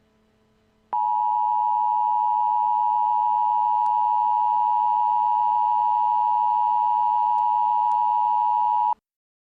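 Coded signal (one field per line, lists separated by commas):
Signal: Emergency Alert System (SAME) tones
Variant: 853 and 960 Hz attention tone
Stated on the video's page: Local area emergency for Mohave County, Arizona, relayed by the National Weather Service.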